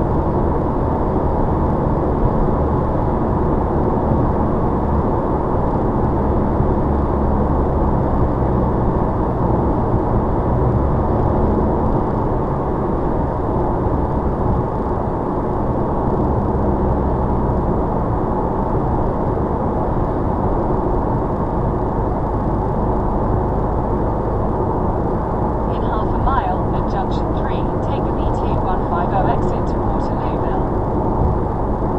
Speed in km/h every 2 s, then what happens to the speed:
109, 109, 111, 111, 109, 105, 101, 98, 97, 93, 92, 95, 92, 92, 92, 95.
0-6 steady at about 109. 6-18 slows to 93. 18-32 steady at about 92.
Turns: none.